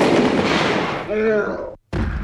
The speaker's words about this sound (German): Der Jäger knallt den Fuchs ab.